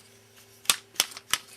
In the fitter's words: split it in half and hold it up three clicks and then